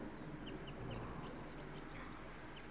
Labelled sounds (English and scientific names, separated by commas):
Song Thrush (Turdus philomelos)